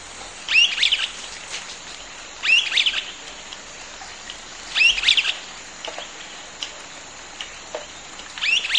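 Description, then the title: Streaked flycatcher giving several shrill squeaky calls, each a sharp rising note. Subspecies solitarius. "LuckyPassaro Completos2Sama. Streaked Flycatcher"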